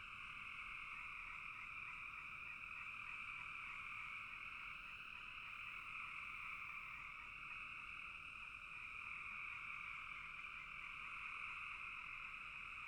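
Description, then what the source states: Many frogs calling at once, a dense unbroken trilling chorus holding steady for nearly thirteen seconds. Frogs calling in a bog.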